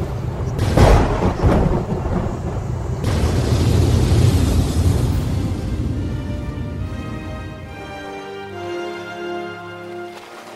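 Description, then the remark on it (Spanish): A sharp, loud lightning crack as lightning strikes in the middle of the sea, followed by a long, heavy thunder rumble that slowly fades as a soft sustained tone rises underneath near the end. No one speaks. “Un rayo cayó en medio del mar, apaciguando la fuerza de Moisés, quien sorprendido los dejó pasar.”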